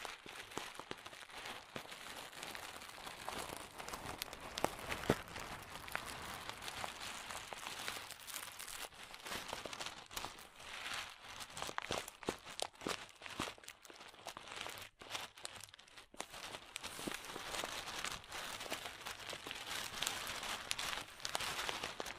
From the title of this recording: Crunchy Slime x Brain Scratching